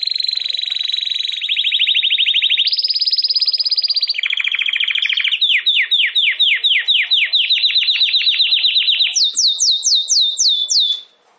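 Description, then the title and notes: Domestic canary song that moves through several rolling trills at different pitches, then a long run of repeated down-slurred whistles, ending with higher sweeps. Belgian canary singing; the bird or its song is called Campainha. "Canário Belga Campainha Canary Singing. Canario Belga Cantando"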